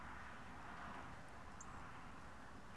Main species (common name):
Song Thrush